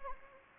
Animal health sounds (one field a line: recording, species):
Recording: mosquito wingbeat signal from an infrared sensor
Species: Anopheles arabiensis